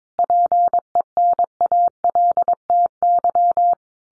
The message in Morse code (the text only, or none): PENALTY